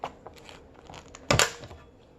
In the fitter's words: close it make sure you hear that click